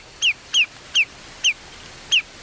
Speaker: So now let's listen to the more bland and deeper call of the Lesser Yellowlegs.